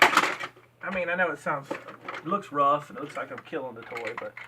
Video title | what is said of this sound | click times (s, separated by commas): Largest Vintage Star wars collection of AT-AT Walkers, 36 atats | it's perfectly fine, and it just snaps back into place. | 0.0 s